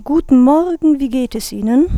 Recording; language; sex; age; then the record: spoken sentence; German; female; 40 to 49 years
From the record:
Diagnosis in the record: phonasthenia (vocal fatigue); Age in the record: 43 years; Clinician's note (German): Ausgeprägte Phonasthenie mit psychogener Komponente